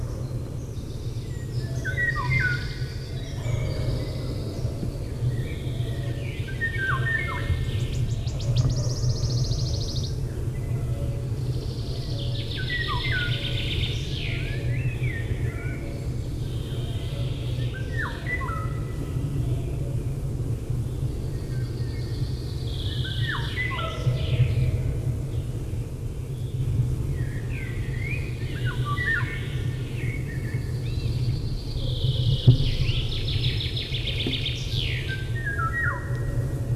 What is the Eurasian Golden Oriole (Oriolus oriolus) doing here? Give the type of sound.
song